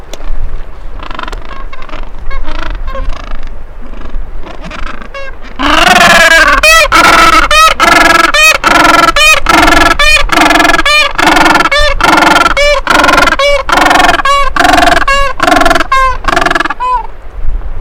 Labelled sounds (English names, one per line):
Gentoo Penguin call